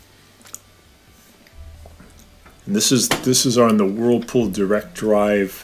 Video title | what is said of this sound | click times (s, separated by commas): ✨ WASHING MACHINE OVERFILLS — (FIXED) ✨ | we're gonna push it down into the cabinet until it clicks and that's holding the whole thing together and | 0.5 s